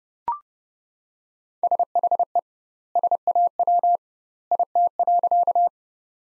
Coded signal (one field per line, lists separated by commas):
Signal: Morse code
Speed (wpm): 30 wpm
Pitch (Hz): 700 Hz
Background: none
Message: SHE SAW IT.